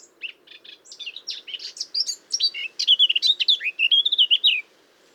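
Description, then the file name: Eurasian blackcap song starting as soft chatter and swelling into loud, fluty whistled notes that end abruptly after about four and a half seconds. "Sylvia atricapilla"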